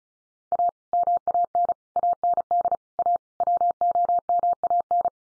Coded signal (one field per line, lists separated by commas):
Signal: Morse code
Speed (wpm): 34 wpm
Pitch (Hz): 700 Hz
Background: none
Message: A MAN AND A WOMAN